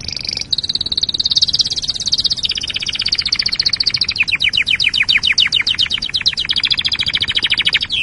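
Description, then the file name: Canary song, a fast run of high trills, starting with a sustained buzzy roll, then evenly repeated descending notes. "canarysong omkicau"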